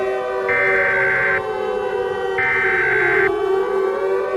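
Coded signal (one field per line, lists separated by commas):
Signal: Emergency Alert System (SAME) tones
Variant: header bursts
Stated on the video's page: Fictional alert scenario made for entertainment, containing valid alert tones.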